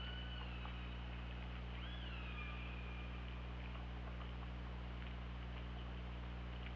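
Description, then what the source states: Killer whale calls: a fading tone at the start, then a clear arching call with harmonics that drops and levels off, over steady low underwater noise. OrcaLab hydrophone, 24 August 2017.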